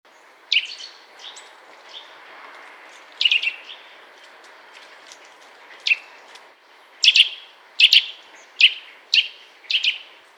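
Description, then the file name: Eurasian nuthatch giving sharp, loud, abrupt call notes, singly and in pairs at irregular intervals, more frequent toward the end, over a soft steady background hiss. "Sitta europaea"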